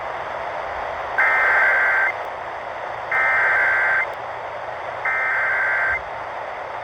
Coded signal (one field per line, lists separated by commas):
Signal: Emergency Alert System (SAME) tones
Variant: header bursts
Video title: KWO37 Fire Warning on KFI! (EAS #47)